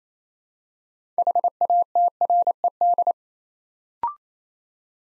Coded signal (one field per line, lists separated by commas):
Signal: Morse code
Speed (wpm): 27 wpm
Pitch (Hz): 700 Hz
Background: none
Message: HATRED